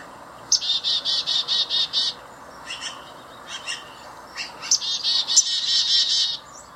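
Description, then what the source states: Black-capped Chickadee calling: a rapid run of buzzy, harsh dee notes, then scattered chick notes and another buzzy dee-dee-dee series. Played recording of the chickadee-dee-dee-dee-dee call, not the song, used to warn other chickadees of predators.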